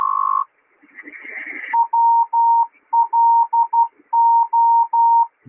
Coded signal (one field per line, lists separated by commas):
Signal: Morse code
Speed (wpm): 12 wpm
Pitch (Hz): 930 Hz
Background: none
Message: WLO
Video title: Live Shortwave radio Tuning the bands hangout 2100 UTC